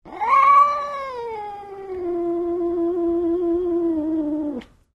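Domestic cat giving a long angry yowl, rising at the start, then easing slightly lower and holding a steady drawn-out wail for over four seconds before cutting off.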